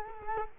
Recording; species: mosquito wingbeat signal from an infrared sensor; Culex quinquefasciatus